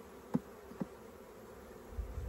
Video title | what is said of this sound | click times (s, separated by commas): Le 2ème miracle d’une autre ruche oubliée. | là c'est clipsé sur le fil. | 0.3 s, 0.8 s